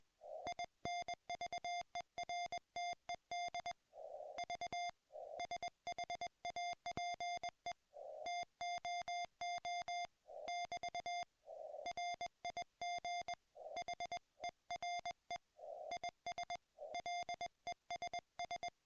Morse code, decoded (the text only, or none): INVERTED V SHAPE TOO <BT> RIG HERE IS LESS